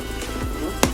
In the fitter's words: and then push this thing down until it snaps